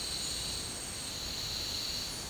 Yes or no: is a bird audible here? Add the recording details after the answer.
no. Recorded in dense forest near Puerto Asís, Putumayo, Colombia, on 24 March 2025 at 11:00. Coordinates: 0.485, -76.318. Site G056